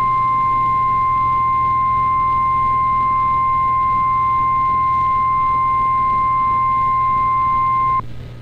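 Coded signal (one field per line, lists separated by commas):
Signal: Emergency Alert System (SAME) tones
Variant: 1050 Hz attention tone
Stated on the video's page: Real NOAA Weather Radio Severe Thunderstorm Warning.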